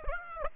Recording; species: mosquito wingbeat signal from an infrared sensor; Aedes aegypti